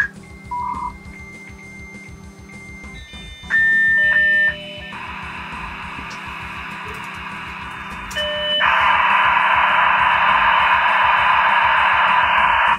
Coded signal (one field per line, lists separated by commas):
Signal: dial-up modem handshake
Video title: MIGs Yesterchips - Folge #024 DFÜ via Modem